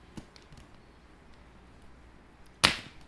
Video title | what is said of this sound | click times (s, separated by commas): Mid Range PC Build Video | there's another click | 2.6 s